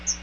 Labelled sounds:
Chestnut-sided Warbler (Setophaga pensylvanica) flight call

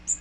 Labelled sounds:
Magnolia Warbler (Setophaga magnolia) flight call

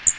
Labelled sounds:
Magnolia Warbler (Setophaga magnolia) flight call

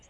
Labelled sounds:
Lucy's Warbler (Leiothlypis luciae) flight call

